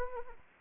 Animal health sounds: mosquito wingbeat signal from an infrared sensor; Anopheles arabiensis

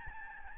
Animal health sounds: mosquito wingbeat signal from an infrared sensor; Aedes albopictus

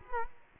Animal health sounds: mosquito wingbeat signal from an infrared sensor; Culex quinquefasciatus

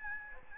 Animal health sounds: mosquito wingbeat signal from an infrared sensor; Aedes albopictus

